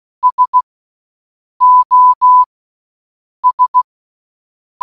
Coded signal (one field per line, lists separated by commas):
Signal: Morse code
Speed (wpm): 16 wpm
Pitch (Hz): 1000 Hz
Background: none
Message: S O S